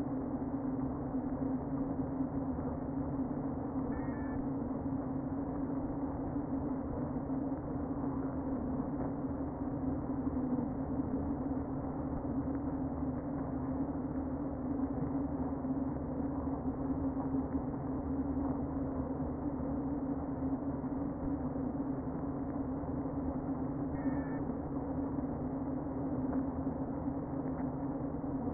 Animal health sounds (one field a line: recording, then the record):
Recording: honeybee colony, microphone inside the hive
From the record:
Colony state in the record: queen present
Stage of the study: before two queens were removed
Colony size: about 60,000 bees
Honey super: yes